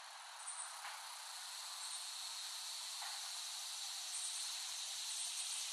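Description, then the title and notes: Steady cicada drone that gradually swells in loudness, with faint high thin notes on top. Cicadas recorded in West Brighton, Staten Island, in late summer 2008. "Dronecast No. 021: The Cicadas of Summer. Recording of cicadas made by Dan Bodah in West Brighton, Staten Island, late summer 2008"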